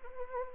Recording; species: mosquito wingbeat signal from an infrared sensor; Anopheles arabiensis